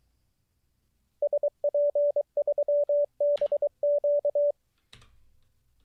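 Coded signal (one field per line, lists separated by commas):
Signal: Morse code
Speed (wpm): 23 wpm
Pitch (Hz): 580 Hz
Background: none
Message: SP3BQ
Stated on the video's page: Live Morse code learning practice session, day 23 of daily 10-minute CW study.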